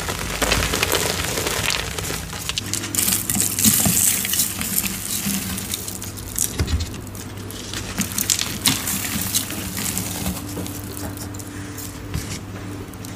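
Crispy black iron oxide chalk crumbles with a steady, dense crackle of fine crunches and gritty rustling throughout. Sharper crunches stand out around four and seven seconds, and a low steady hum sits underneath the whole time.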